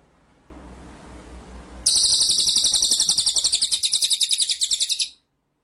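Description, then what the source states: White-rumped shama song: a dense, buzzy, very high rolling trill of rapid pulses, lasting about three seconds after a low hiss, then stopping abruptly. Masteran (training) track of full rolling ('ngerol') and 'nembak' shooting song style.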